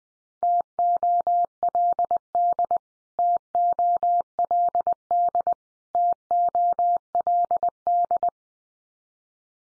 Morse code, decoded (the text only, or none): TOLD TOLD TOLD